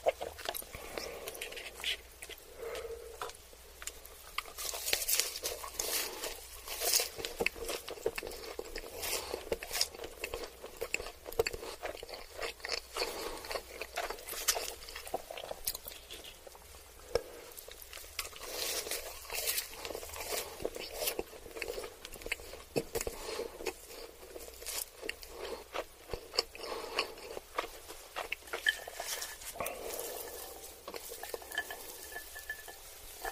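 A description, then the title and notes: Someone eats ramen noodles and chicken nuggets, with dense, irregular crunching, chewing and slurping ticks throughout, loudest around five and twenty seconds. Eating ramen noodles and chicken nuggets.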